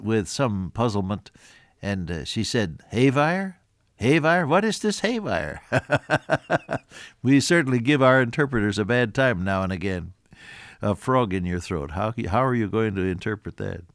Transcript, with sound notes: with some puzzlement and she said, “Hayvire, hayvire? What is this hayvire?” (Laughs) We certainly give our interpreters a bad time now and again–a frog in your throat, how are you going to interpret that?